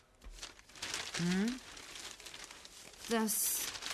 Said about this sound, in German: Das ist doch jetzt nicht Ihr Ernst. Sie blättern ohne Gummihandschuhe in diesen Dingern da und...